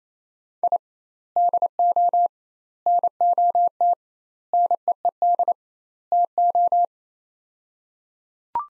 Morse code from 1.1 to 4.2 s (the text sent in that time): DO NOT